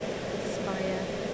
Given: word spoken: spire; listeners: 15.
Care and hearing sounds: one English word in noise, from a listening test; speech-shaped noise; -4.8 dB; 3 of 15; 6 of 15; 0.94 s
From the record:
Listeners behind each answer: 6, 3, 3, 2, 1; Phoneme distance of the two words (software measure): 14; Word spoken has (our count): 2 syllables, 4 phonemes, stress on syllable 1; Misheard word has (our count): 3 syllables, 6 phonemes, stress on syllable 2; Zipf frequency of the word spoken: 3.19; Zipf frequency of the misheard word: 3.95

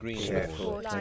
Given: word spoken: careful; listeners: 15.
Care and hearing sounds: one English word in noise, from a listening test; four-talker babble; -2.8 dB; 0 of 15; 7 of 15; 0.61 s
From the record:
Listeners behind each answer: 7, 1, 1, 1, 1, 1, 1, 1, 1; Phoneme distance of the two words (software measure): 47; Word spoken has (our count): 2 syllables, 5 phonemes, stress on syllable 1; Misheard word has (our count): 1 syllable, 4 phonemes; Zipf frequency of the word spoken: 4.84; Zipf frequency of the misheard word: 5.22

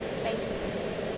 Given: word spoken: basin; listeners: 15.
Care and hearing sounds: one English word in noise, from a listening test; speech-shaped noise; -5.8 dB; 1 of 15; 6 of 15; 0.78 s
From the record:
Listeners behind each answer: 6, 2, 1, 1, 1, 1, 1, 1, 1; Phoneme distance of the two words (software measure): 17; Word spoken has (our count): 2 syllables, 4 phonemes, stress on syllable 1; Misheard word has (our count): 1 syllable, 3 phonemes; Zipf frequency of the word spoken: 3.48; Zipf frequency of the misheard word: 5.44

